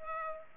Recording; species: mosquito wingbeat signal from an infrared sensor; Culex pipiens